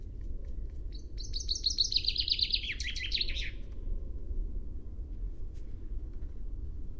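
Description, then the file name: Common chaffinch song: a fast run of trilled notes dropping in pitch over about two seconds, ending in a brief flourish, over steady low rumbling noise. "Fringilla coelebs"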